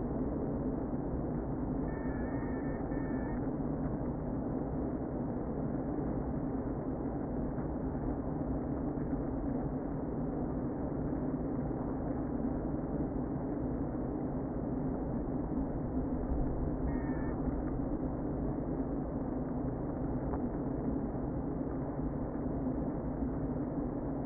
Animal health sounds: honeybee colony, microphone inside the hive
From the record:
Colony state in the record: queen present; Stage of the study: before two queens were removed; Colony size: about 60,000 bees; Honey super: yes

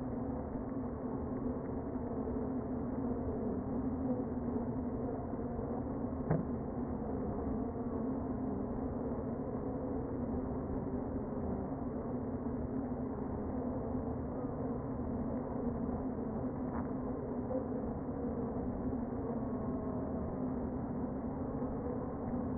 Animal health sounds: honeybee colony, microphone inside the hive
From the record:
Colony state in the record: queen present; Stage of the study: before two queens were removed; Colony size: about 60,000 bees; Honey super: yes

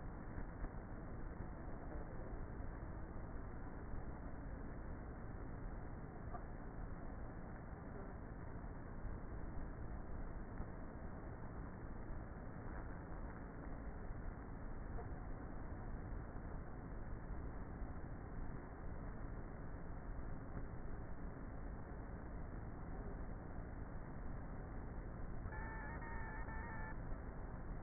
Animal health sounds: honeybee colony, microphone inside the hive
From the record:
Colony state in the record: queenless with a low population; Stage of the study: before two queens were removed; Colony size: about 30,000 bees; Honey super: no

